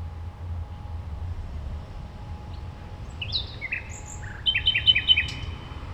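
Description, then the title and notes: Common nightingale song: high thin whistles followed by a rapid run of chirping notes and a repeated pulsed phrase near the end, with low background rumble. Single nightingale at a playground on Gartenstraße, Mitte, Berlin, Germany. "eine nachtigall am spielplatz gartenstraße, a nightingale at playground, gartenstraße"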